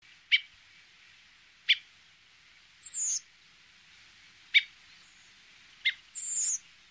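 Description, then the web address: Redwing calls: short sharp clicks spaced one to three seconds apart, alternating with two thin, high, drawn-out seee notes that dip slightly; quiet background. Garden bird. "infonatuur tuinvogels koperwiek"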